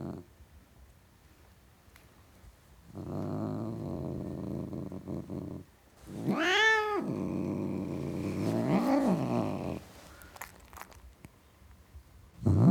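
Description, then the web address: Cat growls with a long low rumble, then two sharp rising and falling yowls, followed by quiet and a final rising cry. Tom cat (male) growling. "The BBC Sound Effects Library - Complete 60 CDs Collection (Cats) Tom Cat Growling"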